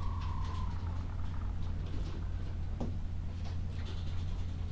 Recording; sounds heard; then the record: poultry house recording; sick chickens (respiratory disease)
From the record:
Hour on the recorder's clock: 12